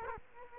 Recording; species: mosquito wingbeat signal from an infrared sensor; Culex quinquefasciatus